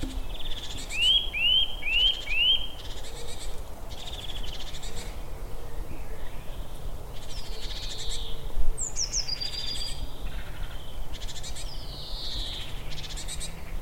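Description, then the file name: Eurasian nuthatch calls: a quick series of four rising whistled notes early on, with other high, sliding bird calls and a steady low background rumble. "Sitta europaea"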